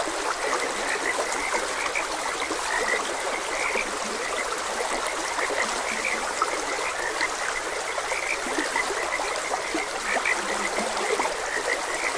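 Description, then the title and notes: Many frogs croaking in a dense, even chorus, occasional deeper croaks standing out, with trickling water running underneath the whole time. Frogs croaking beside a gentle stream. "Gentle Stream and Frogs Croaking. Sleep and Relaxation Podcast"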